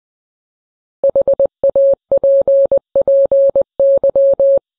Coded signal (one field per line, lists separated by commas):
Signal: Morse code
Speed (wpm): 20 wpm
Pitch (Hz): 550 Hz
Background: none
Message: HAPPY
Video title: Happy Mother's Day in Morse Code